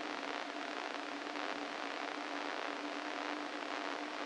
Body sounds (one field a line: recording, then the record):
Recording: brain microelectrode recording played as sound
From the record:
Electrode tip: inside the subthalamic nucleus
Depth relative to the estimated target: 2 mm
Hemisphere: right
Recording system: NeuroSet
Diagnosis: Parkinson's disease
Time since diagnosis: 13 years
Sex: male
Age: 49 years